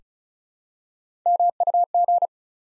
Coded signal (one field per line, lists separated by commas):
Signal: Morse code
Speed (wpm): 36 wpm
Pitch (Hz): 700 Hz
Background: none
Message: MUG